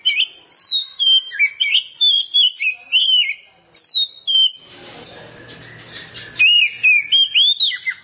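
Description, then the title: Oriental magpie-robin delivering a string of fluty whistles in quick succession, interrupted by a patch of noise before singing resumes. "Kacer"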